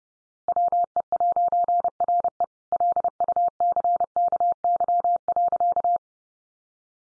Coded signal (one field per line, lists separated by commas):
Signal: Morse code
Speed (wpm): 30 wpm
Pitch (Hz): 700 Hz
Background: none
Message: WE'RE LUCKY.